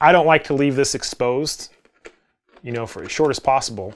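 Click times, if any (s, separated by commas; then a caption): none. An interchangeable lens is being lined up by its red dot with the metal bayonet mount of a Panasonic Lumix S1/S1R/S1H camera body while someone talks. A quiet pause around 1.9–2.5 s holds only faint handling ticks. The lens has not been rotated home, and nothing has seated or clicked yet.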